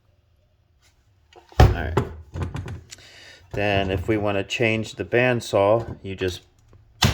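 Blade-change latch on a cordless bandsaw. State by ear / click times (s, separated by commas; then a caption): released / 7.0 s. On a DeWalt 12V cordless bandsaw, the blade-change latch on the blade cover is popped open to change the blade, and the latches feel solid. Someone talks throughout, with a loud thunk at about 1.6 s and a few lighter knocks. The latch pops open with a sharp click at 7.0 s.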